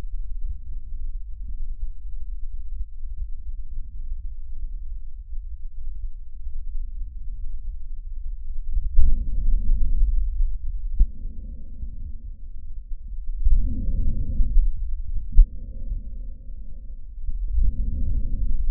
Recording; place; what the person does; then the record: lung sounds by stethoscope; trachea; quiet breathing, then deep breathing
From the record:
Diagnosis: COPD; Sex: male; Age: 81 years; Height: 166 cm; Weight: 98.7 kg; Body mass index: 35.8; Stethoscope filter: bell mode